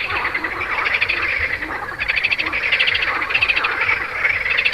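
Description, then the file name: Frog chorus of rapid pulsed trills overlapping one another over a continuous background of calling. "grenouilles"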